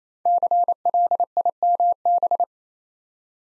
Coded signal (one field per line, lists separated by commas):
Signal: Morse code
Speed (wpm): 28 wpm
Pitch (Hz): 700 Hz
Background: none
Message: CLIMB